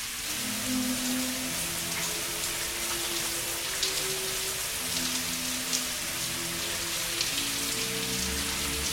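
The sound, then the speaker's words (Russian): A shower runs steadily as a young man takes a shower: a dense, even hiss of falling water that continues throughout, with a few faint splashy ticks and soft low tones humming underneath. “Встал и ушел в душ.”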